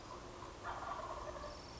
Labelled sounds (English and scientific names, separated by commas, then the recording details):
Wild Turkey (Meleagris gallopavo)
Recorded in Sonoma County, California